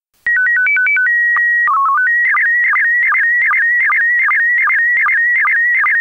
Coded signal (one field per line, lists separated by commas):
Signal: SSTV (slow-scan television)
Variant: PD 50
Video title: SSTV voorbeeld 3